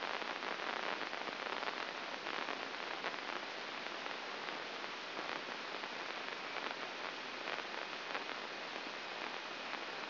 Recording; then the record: brain microelectrode recording played as sound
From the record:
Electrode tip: inside the subthalamic nucleus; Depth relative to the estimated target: -1 mm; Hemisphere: left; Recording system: AlphaMap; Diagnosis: Parkinson's disease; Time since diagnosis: 9 years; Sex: male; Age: 53 years